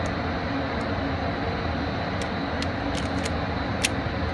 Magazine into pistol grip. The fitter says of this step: sure it clicks in. There you go. All right.